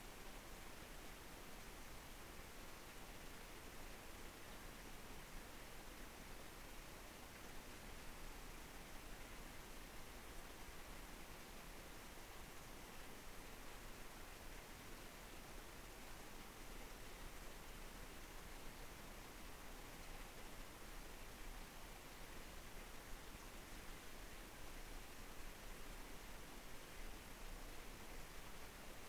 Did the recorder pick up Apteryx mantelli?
no